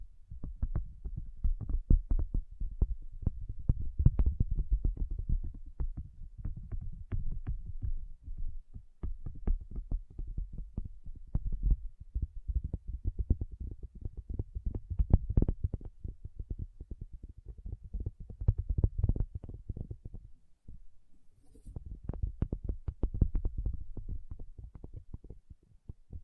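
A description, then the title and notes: Tapping goes on continuously for the whole stretch, quick irregular taps packed closely together with a dull, low thud to most of them and a few sharper clicks on top. It thins out briefly around twenty seconds, then picks back up. No voice. Tapping Session (No Talking).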